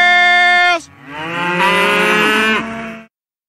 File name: Come On Cows